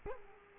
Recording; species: mosquito wingbeat signal from an infrared sensor; Culex quinquefasciatus